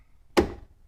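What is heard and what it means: A new liftgate support strut's socket end is pressed firmly over the ball stud on the body. It pops into place with a single sharp snap at 0.4 s, leaving a short decaying ring, and the strut end is confirmed seated on the ball.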